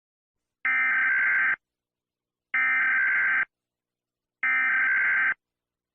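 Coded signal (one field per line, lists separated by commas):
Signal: Emergency Alert System (SAME) tones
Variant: header bursts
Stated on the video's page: Simulated EAS alert for the end of the world.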